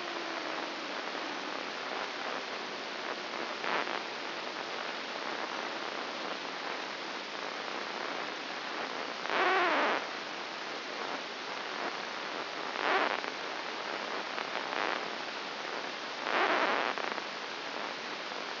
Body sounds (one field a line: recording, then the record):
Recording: brain microelectrode recording played as sound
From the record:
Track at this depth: inside the subthalamic nucleus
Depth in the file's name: 5.301 mm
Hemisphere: left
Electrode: 2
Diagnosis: Parkinson's disease